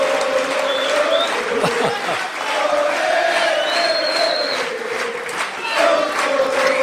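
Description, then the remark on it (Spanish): A crowd applauds steadily and loudly in farewell to Doctor Tangalanga, the dense clapping mixed with cheers and a few high whistles rising above it throughout. “Lo despedimos nuevamente con un fuerte aplauso a Raúl Taruffetti, a la leyenda, al doctor Tangalanga.”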